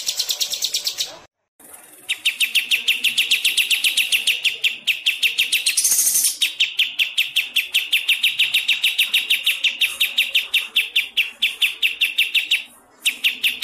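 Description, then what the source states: Bird song of quick, repeated high chirps in long runs, broken by a short silence near the start and a brief harsh buzz partway through. Masteran recording of birdsong, made for training songbirds.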